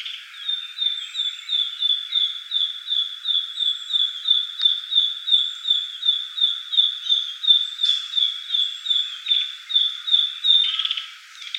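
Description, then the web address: Narcissus flycatcher giving a steady, evenly paced run of short, high, chirped notes, a few per second. Recorded 21 May 2015. "birdenaga kibitaki 150521"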